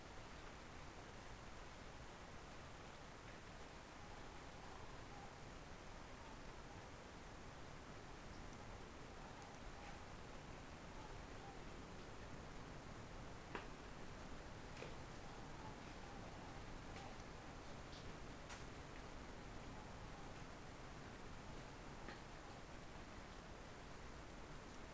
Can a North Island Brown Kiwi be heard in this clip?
no